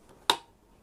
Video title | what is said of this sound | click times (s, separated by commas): How To Install Deepcool Gammaxx AG500 BK ARGB AMD Ryzen AM4 Platform | there's the click we'll do a few more turns to get it started again and then just | 0.3 s